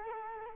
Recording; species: mosquito wingbeat signal from an infrared sensor; Culex quinquefasciatus